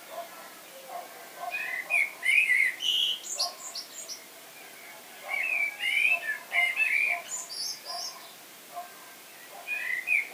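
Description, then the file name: Common blackbird song: fluty warbles mixed with high, sharp twittering notes, in several close phrases. "Turdus merula"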